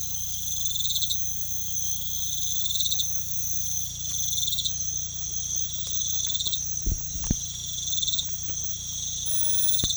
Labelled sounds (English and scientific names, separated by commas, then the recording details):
none
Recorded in pastures near Puerto Asís, Putumayo, Colombia, on 16 December 2024 at 04:30
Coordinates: 0.472, -76.331
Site GP02